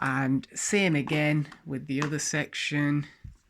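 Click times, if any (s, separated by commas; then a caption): none. Someone talks while handling the second plastic section of a Sunnylife protection kit (landing gear and propeller guard), about to fit it onto a DJI Mavic Mini drone. Only the voice is heard, with no distinct impact sounds. Nothing has seated or clicked yet.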